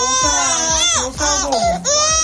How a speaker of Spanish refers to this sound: Bebés llorando mientras la enfermera les administra una vacuna. Son pocos los que pasan el trago sin soltar un grito o unas cuantas lágrimas.